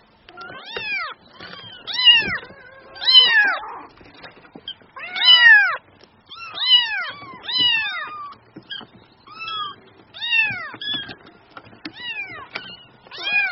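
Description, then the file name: Cat: kitten meows, high arched mews with bright harmonics, coming in quick overlapping runs, with soft scuffing between. Kitten mewing cutely (Vietnamese: tiếng mèo con kêu nũng nịu dễ thương). "Tieng meo con keu nung niu de thuong"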